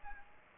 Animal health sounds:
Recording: mosquito wingbeat signal from an infrared sensor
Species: Aedes aegypti

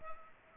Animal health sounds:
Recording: mosquito wingbeat signal from an infrared sensor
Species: Culex pipiens

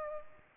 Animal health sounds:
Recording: mosquito wingbeat signal from an infrared sensor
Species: Aedes albopictus

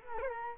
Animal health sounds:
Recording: mosquito wingbeat signal from an infrared sensor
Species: Culex quinquefasciatus

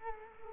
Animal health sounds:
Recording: mosquito wingbeat signal from an infrared sensor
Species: Culex quinquefasciatus

